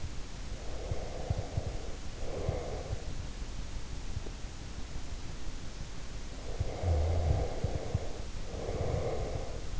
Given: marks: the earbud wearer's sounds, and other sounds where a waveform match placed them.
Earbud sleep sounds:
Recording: sounds in sleep by an in-ear microphone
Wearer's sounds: breath, snoring breath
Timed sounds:
0.45-3.25 s: breath
6.42-9.80 s: snoring breath

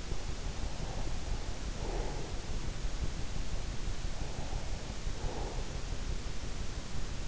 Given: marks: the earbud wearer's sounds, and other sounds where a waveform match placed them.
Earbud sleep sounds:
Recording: sounds in sleep by an in-ear microphone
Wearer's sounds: breath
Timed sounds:
0.19-2.61 s: breath
3.98-6.14 s: breath

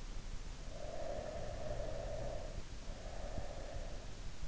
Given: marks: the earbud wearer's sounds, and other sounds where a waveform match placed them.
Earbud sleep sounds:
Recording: sounds in sleep by an in-ear microphone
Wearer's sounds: snoring breath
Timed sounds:
0.70-4.24 s: snoring breath

